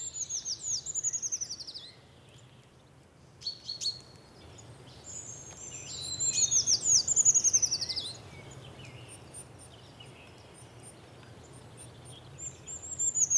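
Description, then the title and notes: Eurasian treecreeper giving a few high, thin descending trilled phrases with pauses between, plus a few faint short calls, over continuous low background noise. "Puukiipijä. Juha Laaksonen"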